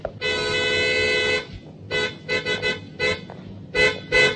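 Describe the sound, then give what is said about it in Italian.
A very sensitive car horn, set off by an elbow resting on it, blares in one long, steady blast lasting over a second, followed by a string of shorter, uneven honks, loud and bright with a harmonic buzzy tone. “Lei ha clacsonato. Tu ha clacsonato? Io no. Ah sì, ho appoggiato appena il gomito. È un clacson sensibilissimo.”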